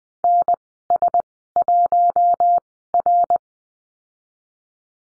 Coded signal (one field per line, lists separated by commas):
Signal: Morse code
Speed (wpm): 20 wpm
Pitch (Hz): 700 Hz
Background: none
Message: NS1R